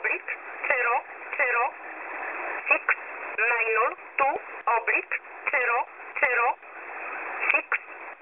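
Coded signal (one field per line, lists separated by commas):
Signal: numbers station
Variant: E11 Oblique, English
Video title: E11 Oblique 01/01/2024 1045 UTC 11100kHz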